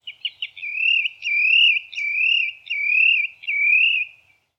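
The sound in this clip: Spotted redshank clear whistled calls: a few quick clipped notes, then a series of drawn-out wavering whistles repeated roughly every three-quarters of a second, with quiet background.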